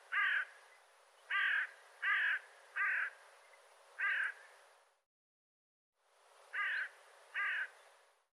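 Bird giving rough caws spaced unevenly, five in a first bout and two more after a brief silence, over a faint steady hiss.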